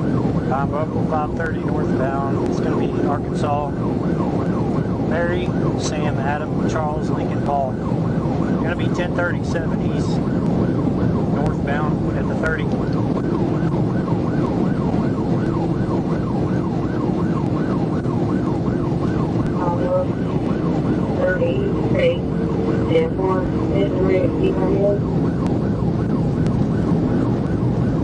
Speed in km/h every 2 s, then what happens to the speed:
185, 184, 184, 184, 184, 184, 185, 184, 185, 187, 193, 200, 203, 208.
0-17 steady at about 184. 17-28 speeds up to 208.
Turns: none.